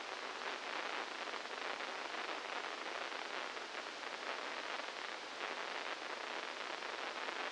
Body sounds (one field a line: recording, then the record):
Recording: brain microelectrode recording played as sound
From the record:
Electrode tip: inside the subthalamic nucleus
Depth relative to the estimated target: -4 mm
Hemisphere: left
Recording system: NeuroSet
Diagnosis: Parkinson's disease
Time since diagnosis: 15 years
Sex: female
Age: 59 years